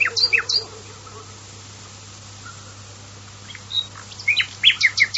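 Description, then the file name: Common nightingale song: short bursts of sharp high chirps and whistled notes at the start and end, with a quiet pause between them. "usignolo"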